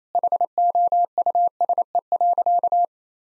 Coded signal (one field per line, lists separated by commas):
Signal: Morse code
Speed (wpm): 27 wpm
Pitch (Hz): 700 Hz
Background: none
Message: HOUSE.